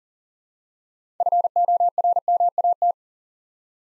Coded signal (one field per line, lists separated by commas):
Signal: Morse code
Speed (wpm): 40 wpm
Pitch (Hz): 700 Hz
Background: none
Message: FORMAT